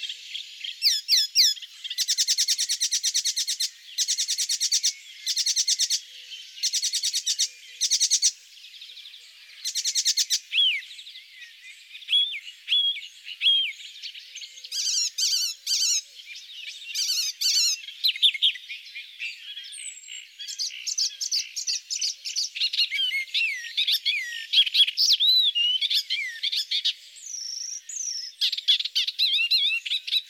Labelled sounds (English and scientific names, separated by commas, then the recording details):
Icterine Warbler (Hippolais icterina) song
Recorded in the wild
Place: Flögelner See, Schleswig-Holstein, DE
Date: 2007-06-05
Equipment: MiniDisc Sharp MT 20 H
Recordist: Schwarz, Dieter
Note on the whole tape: Song